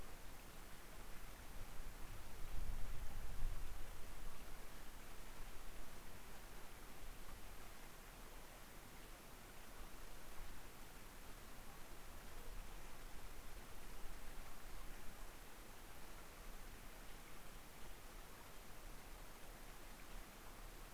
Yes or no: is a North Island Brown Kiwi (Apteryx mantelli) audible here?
no